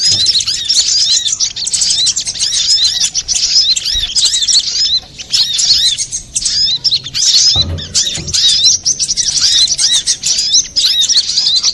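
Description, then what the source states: Little spiderhunter: high-pitched chattering song of a little spiderhunter, fast squeaky chirps and looping whistles pouring out continuously, with a couple of faint low thumps. Master recording for training cage birds; Indonesian name sogok ontong, labelled Labaik.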